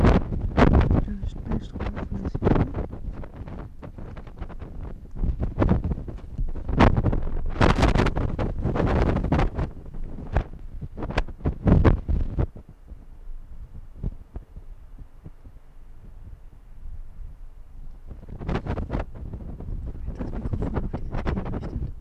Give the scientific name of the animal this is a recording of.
Vulpes lagopus